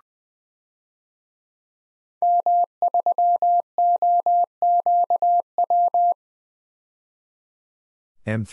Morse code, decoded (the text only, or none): M3OQW